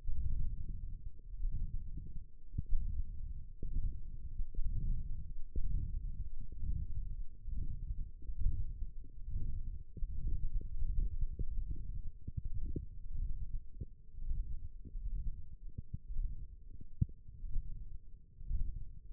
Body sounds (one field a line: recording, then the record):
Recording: forearm muscle sounds (acoustic myography)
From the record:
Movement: wrist flexion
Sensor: system 1, eight BSWA MPA416 microphones around the upper forearm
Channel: 2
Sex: male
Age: 21 years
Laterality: right